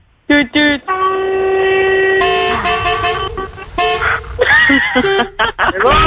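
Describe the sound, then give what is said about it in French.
A truck horn, sounded as a test, honks loudly, starting with a few short blasts before a long, sustained, brassy tone, then breaking into more uneven honks with shifting pitch. “Oh non, c'est bon ça le camion, elle fait péter le klaxon pour voir là.”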